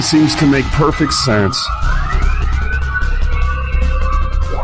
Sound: techno music; reverberating sound

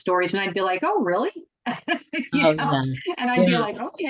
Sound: laughs

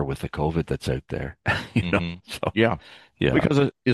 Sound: laughs

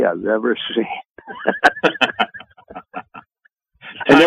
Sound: laughs

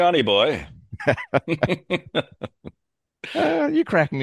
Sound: laughs

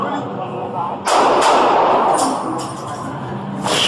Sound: gun firing; sniffs

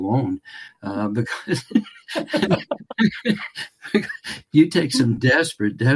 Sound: laughs

